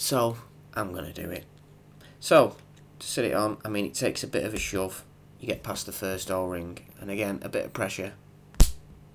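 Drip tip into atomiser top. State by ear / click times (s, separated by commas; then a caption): seated / 8.6 s. A precision drip tip is shoved onto the top of an e-cigarette atomiser, pushed past the first O-ring with some pressure while someone talks. A sharp, short click at 8.6 s marks the drip tip snapping into place, fully seated.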